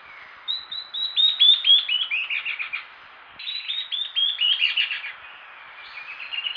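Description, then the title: Songbird singing two phrases, each a rapid series of high chirps stepping down in pitch, with a brief pause between them, then the start of a third. "LuckyPassaro Completos2Sama"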